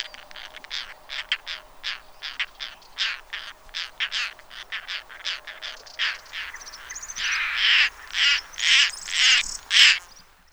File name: Coracias garrulus